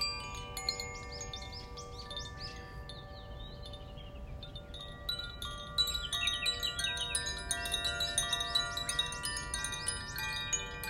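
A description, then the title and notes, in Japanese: Wind chimes ring with long, overlapping tones over a steady bed of falling rain. Birds chirp brightly throughout, sparse at first, and from about five seconds the chimes and birdsong grow busier and louder, with quick high strikes clustering together. 雨とチャイム。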